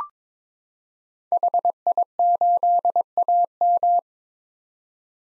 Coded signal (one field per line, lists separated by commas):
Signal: Morse code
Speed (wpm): 22 wpm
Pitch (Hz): 700 Hz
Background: none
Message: HI8AM